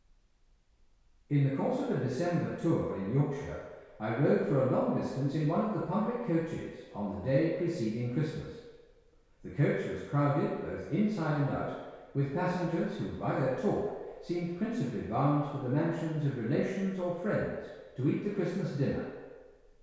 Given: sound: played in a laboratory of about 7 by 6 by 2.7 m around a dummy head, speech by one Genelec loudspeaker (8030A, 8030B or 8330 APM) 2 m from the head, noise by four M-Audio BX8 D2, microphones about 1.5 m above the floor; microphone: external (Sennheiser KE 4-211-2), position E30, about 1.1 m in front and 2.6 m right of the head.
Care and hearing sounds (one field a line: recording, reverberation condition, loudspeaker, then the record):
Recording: male speech in English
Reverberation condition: high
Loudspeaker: 60 degrees to the right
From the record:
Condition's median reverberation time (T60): about 1300 ms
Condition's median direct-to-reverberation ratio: about -4.0 dB